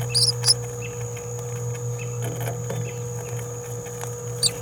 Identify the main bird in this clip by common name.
Green-rumped Parrotlet